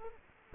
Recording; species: mosquito wingbeat signal from an infrared sensor; Culex quinquefasciatus